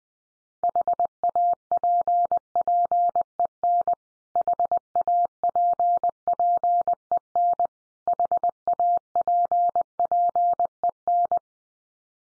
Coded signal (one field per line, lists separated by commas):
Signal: Morse code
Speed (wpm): 20 wpm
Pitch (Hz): 700 Hz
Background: none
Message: HAPPEN HAPPEN HAPPEN